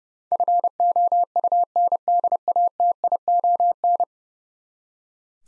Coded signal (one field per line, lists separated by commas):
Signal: Morse code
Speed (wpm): 31 wpm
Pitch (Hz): 700 Hz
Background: none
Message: FOUNDATION